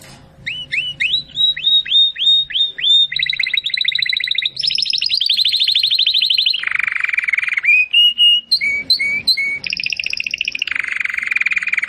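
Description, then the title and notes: Domestic canary delivering a long continuous song of upslurred chirps, rolling trills and buzzy phrases that shift in pitch from phrase to phrase. Belgian canary of the Campainha type, singing. "Canário Belga Campainha Canary Singing. Canario Belga Cantando"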